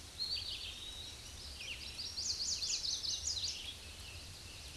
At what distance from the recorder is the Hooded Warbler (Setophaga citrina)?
about 25 m